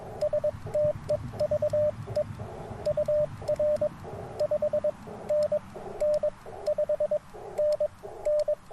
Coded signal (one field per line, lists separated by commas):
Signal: Morse code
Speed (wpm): 22 wpm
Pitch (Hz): 600 Hz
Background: radio noise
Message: STEVE UR 5NN 5NN